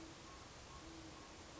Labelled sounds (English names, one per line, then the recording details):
Great Horned Owl
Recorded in Sonoma County, California